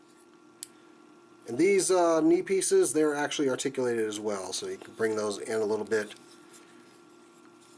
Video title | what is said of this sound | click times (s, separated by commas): Fansproject LER-03 Volar and Velos Review | Bring it up until it snaps in. | 0.6 s